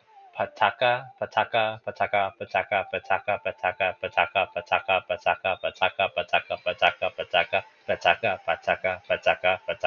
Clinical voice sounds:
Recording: repeated syllables /pa ta ka/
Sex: male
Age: 20 to 29 years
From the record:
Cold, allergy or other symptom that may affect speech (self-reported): no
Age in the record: 28 years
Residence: Texas, United States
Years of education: 16

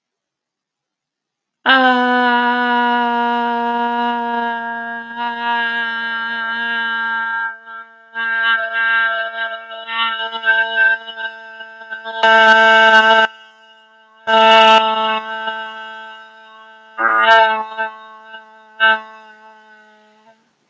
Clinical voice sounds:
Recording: vowel held as long as possible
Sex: female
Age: 30 to 39 years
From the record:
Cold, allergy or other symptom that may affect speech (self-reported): no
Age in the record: 38 years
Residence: Illinois, United States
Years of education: 16

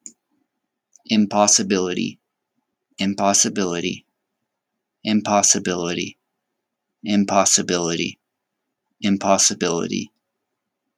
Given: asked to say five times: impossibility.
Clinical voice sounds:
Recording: repeated word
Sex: male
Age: 30 to 39 years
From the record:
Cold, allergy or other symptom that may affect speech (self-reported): no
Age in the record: 33 years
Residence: Utah, United States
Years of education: 12

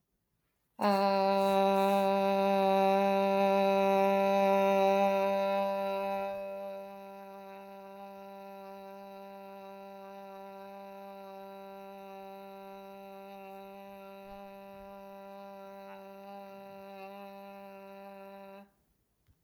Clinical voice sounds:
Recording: vowel held as long as possible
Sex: female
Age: 30 to 39 years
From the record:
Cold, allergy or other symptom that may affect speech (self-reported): no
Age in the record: 32 years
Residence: Nebraska, United States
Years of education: 16

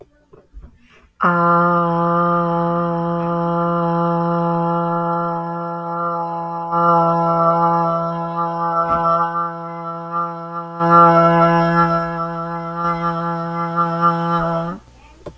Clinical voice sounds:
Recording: vowel held as long as possible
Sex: female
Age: 30 to 39 years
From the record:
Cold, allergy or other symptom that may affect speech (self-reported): no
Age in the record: 31 years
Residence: Kentucky, United States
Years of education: 12

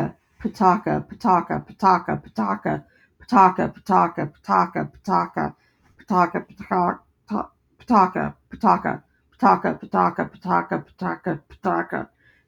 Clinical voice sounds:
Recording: repeated syllables /pa ta ka/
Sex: female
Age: 40 to 49 years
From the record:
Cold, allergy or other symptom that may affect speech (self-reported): no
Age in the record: 47 years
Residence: Kansas, United States

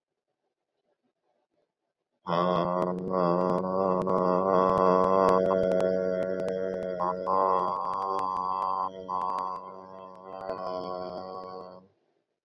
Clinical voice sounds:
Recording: vowel held as long as possible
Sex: male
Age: 30 to 39 years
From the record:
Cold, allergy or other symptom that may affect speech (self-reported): no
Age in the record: 33 years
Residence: Ohio, United States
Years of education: 18

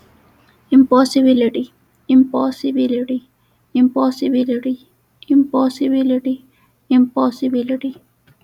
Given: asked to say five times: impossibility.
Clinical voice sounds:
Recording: repeated word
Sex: female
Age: 30 to 39 years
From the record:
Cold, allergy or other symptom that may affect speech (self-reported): no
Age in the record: 32 years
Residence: Texas, United States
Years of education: 18

